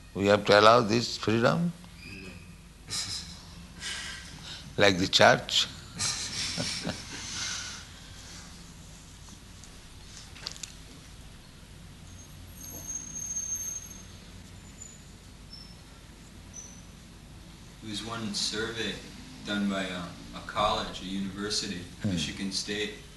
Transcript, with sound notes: we have to allow this freedom like the Church? [laughs]
There was one survey done by a college, a university, Michigan State,